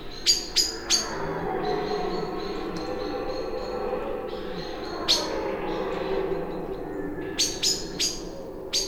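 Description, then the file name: Common blackbird giving a few scattered sharp chink calls, three at the start and a short run near the end, over a low drone. "Turdus merula"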